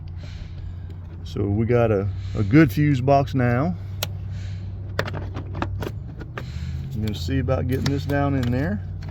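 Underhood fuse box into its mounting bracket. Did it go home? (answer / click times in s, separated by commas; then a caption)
no / none. On a 2006 Chevrolet Corvette with an intermittent fuel pump problem, the plastic underhood fuse box, its terminals already repaired, is handled above its mounting bracket on the car while someone talks. Sharp knocks and taps sound at about 4.0, 5.0, 5.6 and 6.4 s. Nothing has seated or clicked into the bracket yet.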